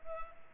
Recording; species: mosquito wingbeat signal from an infrared sensor; Culex pipiens